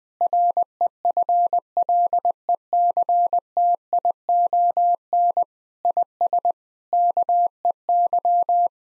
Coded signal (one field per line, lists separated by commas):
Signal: Morse code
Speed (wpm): 20 wpm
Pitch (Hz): 700 Hz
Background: none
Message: REFLECTION IS KEY